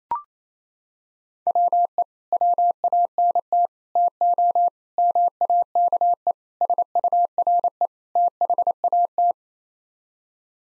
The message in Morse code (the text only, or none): WE WANT TO MAKE SURE THAT